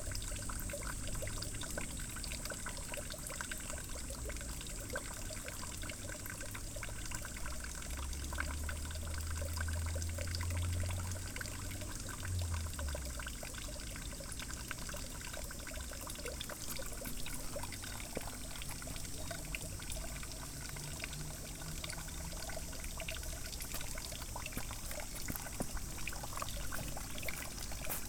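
A Kyoto field recording of steady pouring, trickling water with a constant bright hiss and a low rumble that swells around ten seconds.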